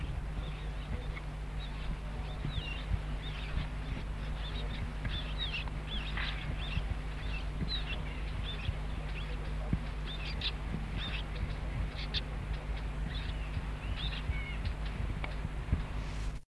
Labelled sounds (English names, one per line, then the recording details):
Eurasian Blackcap call
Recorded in the wild
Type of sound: call
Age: immature
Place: Hannover, Niedersachsen, DE
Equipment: Halbspur, 9,5 cm/s
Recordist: Lütgens, Hans
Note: 6tägiges, Rufe